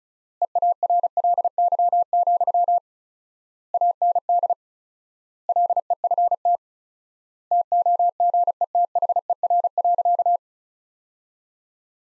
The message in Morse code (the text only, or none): EARLY, AND LEFT TOGETHER.